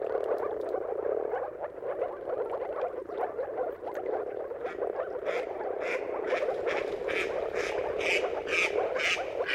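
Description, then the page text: Dense moor frog chorus of soft gulping notes, with a series of sharper rasping calls repeating roughly every half second in the latter part. Moor frog mating calls in a dawn chorus at sunrise, at the turn of March and April depending on the weather; many frogs calling together. "earth-fm Jakub-Orzecki moor frogs. Dawn’s Chorus: Mating Calls of Marsh Frogs at Sunrise. Depending on the weather at the turn of March and April, you can witness an amazing spectacle of moor frogs"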